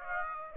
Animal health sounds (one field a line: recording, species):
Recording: mosquito wingbeat signal from an infrared sensor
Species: Aedes aegypti